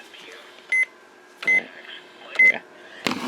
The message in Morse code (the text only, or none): none